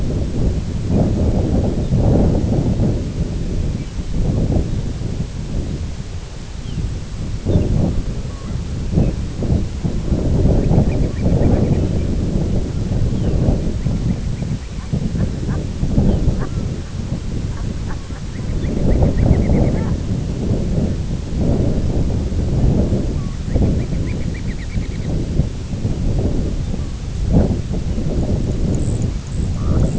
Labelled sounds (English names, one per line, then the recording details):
Lapland Longspur
Long-tailed Duck
Ruddy Turnstone
unidentified sound
White-rumped Sandpiper
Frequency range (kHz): Lapland Longspur 2.1-4.4 kHz; Ruddy Turnstone 1.6-4.5 kHz
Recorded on Arctic tundra, site IGLO-B, on 24 June 2018
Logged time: 17:59